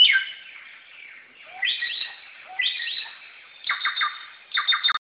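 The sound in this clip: Black-throated laughingthrush song: a falling opening phrase, then short bursts of downslurred notes separated by pauses, with a faint lower note before some of them.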